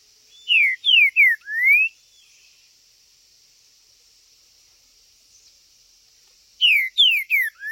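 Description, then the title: Green-winged saltator singing a loud four-note whistled phrase, three falling slurs then a rising one, given again after a long pause, amid a steady high background hiss. Trinca-ferro chirping, singing and territorial calling (macheando) in a contest; video meant to stir up a listener's own trinca-ferro. "Seu TRINCA Piando, Cantando E Macheando Na DISPUTA. TRINCA FERRO Cantando e MACHEANDO!!"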